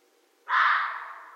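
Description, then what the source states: Red fox producing one strong, hoarse bark that begins suddenly and stays harsh before easing off. Recorded 13 January 2012.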